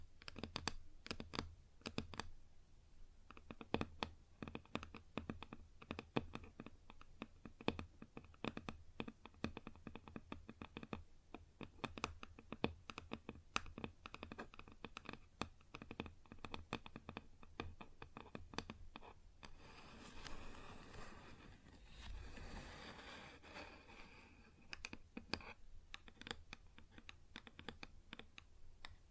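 Tapping and scratching on a wooden surface: quick, irregular clicks and knocks come in dense runs through most of the recording, like typing. Around twenty seconds the taps thin out and a rougher, hissy scraping takes over for several seconds before sparse tapping resumes.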